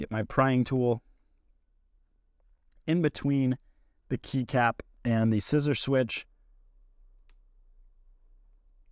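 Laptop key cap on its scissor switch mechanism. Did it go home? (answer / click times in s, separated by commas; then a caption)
released / 7.3 s. Someone talks while a prying tool is worked in between the plastic key cap and the scissor switch of a Dell laptop letter key, favoring the top half of the key. At 7.3 s a faint, sharp click is heard as the key cap unclips from its scissor switch mechanism, releasing it.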